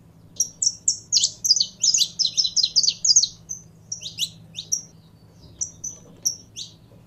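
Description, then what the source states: Canary song opening with a dense, rapid rolling trill, then thinning into spaced single chirps; low steady hum behind. Song of a purebred Belgian canary.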